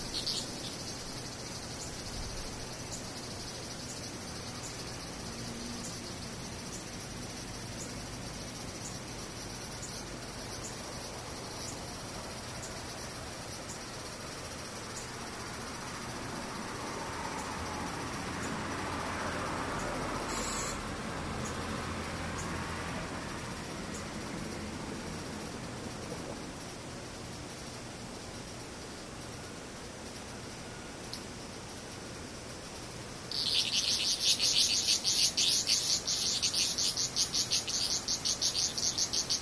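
Cicadas shrill steadily in high, thin bands throughout. Around the middle a soft low rush swells and fades, with a brief click near twenty seconds. From about 33 seconds a louder, denser cicada buzz kicks in and holds to the end.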